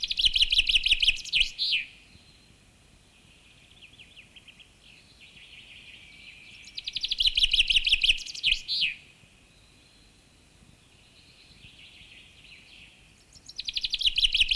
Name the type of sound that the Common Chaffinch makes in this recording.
song